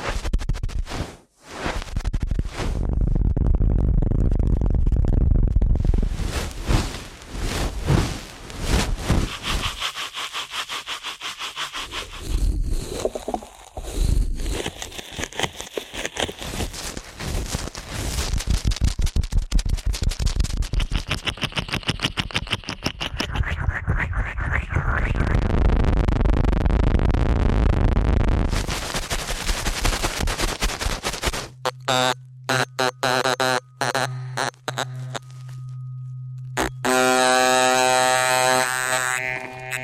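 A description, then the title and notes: Ear cleaning at a rapid pace: dense, fast scratching and rubbing right against the microphone, with heavy low rumbling and quick rhythmic bursts through most of the clip. Near the end, after about 31 seconds, a steady low hum with sharp crackling and clicking takes over. ASMR Ear Cleaning at Helicopter Speed.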